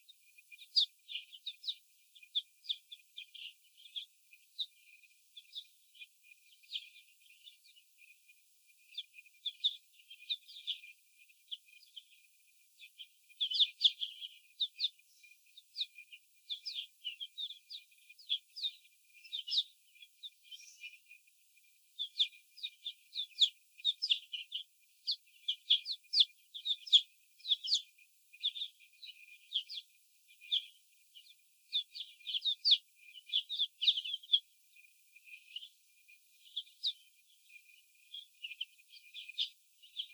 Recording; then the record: young laying hens in a cage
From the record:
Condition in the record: before the stressor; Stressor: sudden umbrella opening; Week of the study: 2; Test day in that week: 1